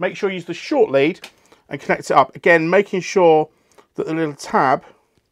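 Someone talks while the short stepper motor lead is lined up by its little tab and connected to the motor cable connector during the electrical build of an Ooznest Original Workbee CNC. Only a very faint tick comes at about 5.2 s, after the speech ends. The connector has not clicked into place yet.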